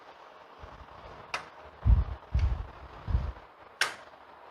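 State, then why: Seated. A technician presses the lowered panel assembly of a Samsung UN50NU7100G / UN50RU7100G LED TV down into its black plastic frame during an LED and acrylic replacement. Sharp clip snaps ring out at 1.3 s and 3.8 s, with dull low thumps from the pressing in between. The assembly ends up locked in place in the frame.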